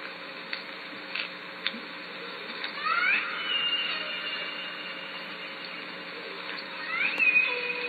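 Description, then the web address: Killer whale calls underwater: a rising squeal around three seconds and another near the end, with isolated clicks and steady underwater hiss throughout. Southern Resident killer whales recorded at Lime Kiln in June; catalogued calls. "SRKW call-catalog Orca Calls Lime Kiln June"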